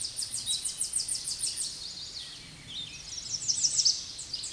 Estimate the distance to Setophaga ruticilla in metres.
about 15 m